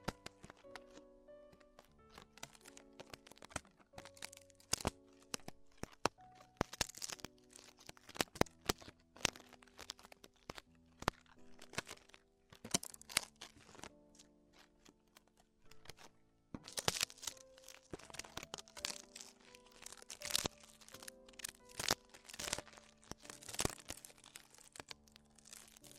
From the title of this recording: Extremely Tingly Ear Exploration